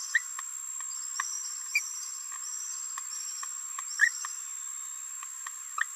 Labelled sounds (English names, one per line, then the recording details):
Green-rumped Parrotlet babbling
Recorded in a nest box in Venezuela
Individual 18B17A4